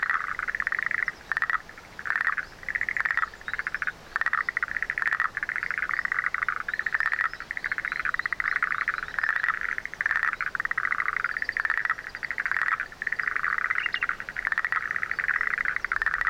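Frog calling in rapid trilled pulses, nearly continuous, with bursts running together and only brief breaks.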